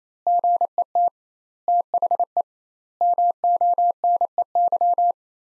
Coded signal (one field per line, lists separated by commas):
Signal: Morse code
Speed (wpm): 27 wpm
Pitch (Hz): 700 Hz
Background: none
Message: GET THE MONEY